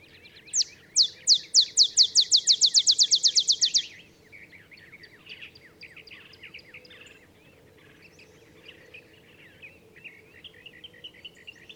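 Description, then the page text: Olive sparrow song: loud chips quickening into a dense trill for about three seconds, then quieter chattering notes follow. Singing in early morning in Texas, 50 miles north of the Mexican border; simple songs likened to a field sparrow's bouncing-ball song. "Olive sparrow. Recording early morning just 50 miles north of the Mexican border in Texas"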